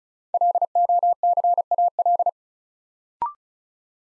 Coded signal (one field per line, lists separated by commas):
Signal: Morse code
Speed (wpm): 36 wpm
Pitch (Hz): 700 Hz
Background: none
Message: LOCAL